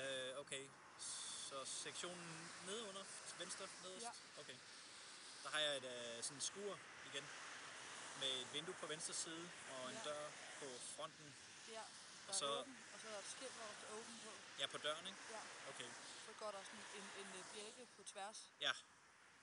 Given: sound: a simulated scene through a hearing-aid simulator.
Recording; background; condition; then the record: conversation; traffic; +4 dB SNR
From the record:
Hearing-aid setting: standard clinical setting (NAL); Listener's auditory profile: C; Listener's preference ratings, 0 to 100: 43, 46, 65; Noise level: 75 dB SPL